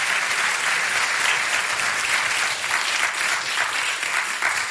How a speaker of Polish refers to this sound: Prosimy o przyłączenie się do oklasków, tak? Jak najbardziej.